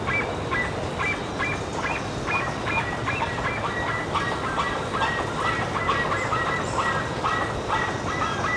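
Bird calls: repeated short honks, steady throughout, with a constant hiss underneath.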